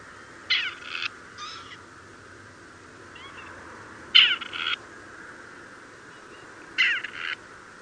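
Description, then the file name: Grey Partridge uttering three grating, rasping double calls spaced a few seconds apart, with a softer call between them and steady low background hiss. "Starna"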